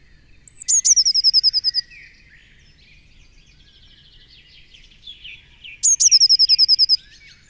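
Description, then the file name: Eurasian blue tit singing twice, each phrase a sharp high note leading into a rapid even trill, with faint twittering between. "Cyanistes caeruleus"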